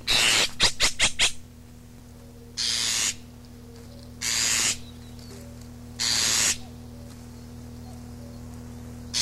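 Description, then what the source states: Azure tit calls: a rapid series of rasping pulses, then several separate long, broad hissing bursts over a low steady hum. Recorded 12 June 1992.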